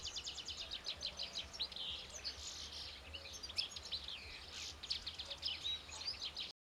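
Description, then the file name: European goldfinch calls: dense, high, tinkling twitters and chirps run almost continuously over a steady low background hum. "Carduelis carduelis"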